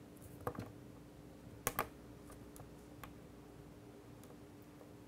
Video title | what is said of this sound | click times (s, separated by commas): iPhone 4 (Verizon / CDMA) Screen Replacement (PART 2) - iCracked.com | Popping it on. The most important thing is to make sure it's clicked, that you can hear it. | 1.7 s